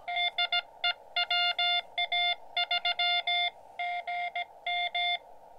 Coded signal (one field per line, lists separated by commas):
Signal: Morse code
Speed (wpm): 16 wpm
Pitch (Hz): 700 Hz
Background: none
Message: DE WA3GM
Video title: My Morse Code Journey: POTA activation Fisher Towers